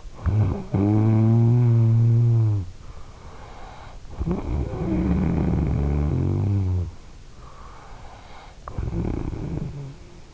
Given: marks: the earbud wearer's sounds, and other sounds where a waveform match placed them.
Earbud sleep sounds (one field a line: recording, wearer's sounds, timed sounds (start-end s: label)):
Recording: sounds in sleep by an in-ear microphone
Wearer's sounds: snoring breath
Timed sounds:
0.00-3.37 s: snoring breath
3.65-7.48 s: snoring breath
7.71-10.34 s: snoring breath